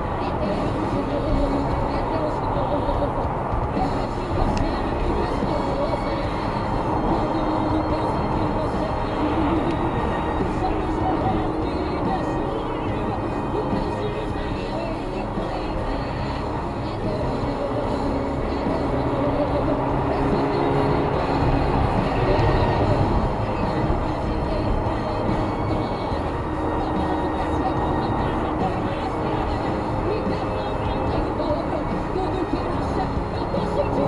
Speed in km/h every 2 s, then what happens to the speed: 120, 120, 118, 116, 111, 99, 92, 90, 100, 109, 113, 114, 112, 113, 113, 111, 105.
0-13 slows to 90. 13-20 speeds up to 113. 20-28 steady at about 113. 28-34 slows to 105.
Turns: none.